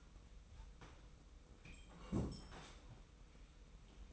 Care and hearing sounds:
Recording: daily activity, microphone in the room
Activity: sit down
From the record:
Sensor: 1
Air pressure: 990.5 hPa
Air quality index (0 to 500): 153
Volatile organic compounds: 1000 ppm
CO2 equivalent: 5563 ppm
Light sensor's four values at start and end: 30/71/30/33 and 31/71/30/33

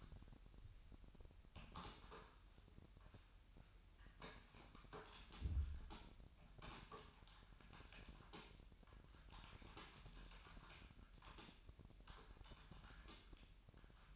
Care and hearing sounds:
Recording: daily activity, microphone in the room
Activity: typing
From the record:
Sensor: 2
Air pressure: 1001.9 hPa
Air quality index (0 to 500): 248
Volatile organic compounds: 39 ppm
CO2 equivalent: 3129 ppm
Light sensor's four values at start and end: 10/36/13/14 and 11/36/13/14

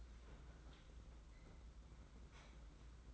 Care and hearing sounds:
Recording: daily activity, microphone in the room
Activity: open fridge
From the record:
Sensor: 3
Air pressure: 991.8 hPa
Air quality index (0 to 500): 216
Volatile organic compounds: 1000 ppm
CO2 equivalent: 7395 ppm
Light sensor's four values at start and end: 33/99/40/34 and 34/99/40/34

